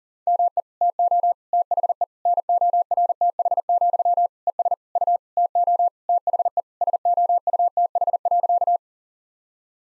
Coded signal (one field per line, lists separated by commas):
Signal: Morse code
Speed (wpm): 40 wpm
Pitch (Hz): 700 Hz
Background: none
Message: ME TO THE NORTH, ES U TO THE SOUTH.